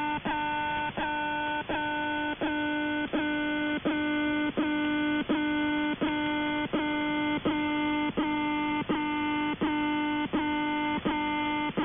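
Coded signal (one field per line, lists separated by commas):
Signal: channel marker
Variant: The Alarm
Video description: "The Alarm" is a Russian military station that broadcasts on 4770 kHz USB.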